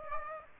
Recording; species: mosquito wingbeat signal from an infrared sensor; Aedes aegypti